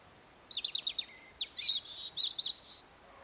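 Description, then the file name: European robin song: a high thin opening note, then a quick run of down-slurred notes and a warbled, trilling phrase, all high-pitched and clear. "Erithacus rubecula"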